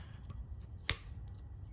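A locking tab on the electrical connector of an ignition coil pack on an Audi RS3, removed to make room for a downpipe install, is popped out by hand. It gives one sharp, bright click at 0.9 s over a low background hum. The connector lock clicks open and the connector is released.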